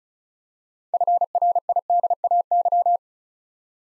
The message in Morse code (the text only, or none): FRIDAY